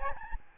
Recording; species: mosquito wingbeat signal from an infrared sensor; Aedes albopictus